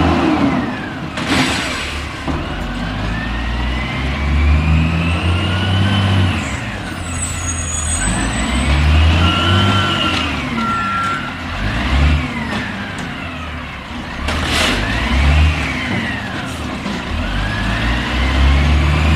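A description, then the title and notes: A garbage truck works, its heavy engine rumbling low and steady while it revs up and down in repeated rising and falling swells. Brief sharp knocks land near 1.5 and 15 seconds, and a thin high squeal passes around 7 seconds. Garbage Trucks.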